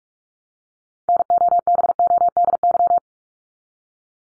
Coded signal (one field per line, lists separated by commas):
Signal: Morse code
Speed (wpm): 44 wpm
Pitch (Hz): 700 Hz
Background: none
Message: NOBODY